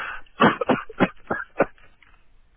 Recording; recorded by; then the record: voluntary cough; telephone call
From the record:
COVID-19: negative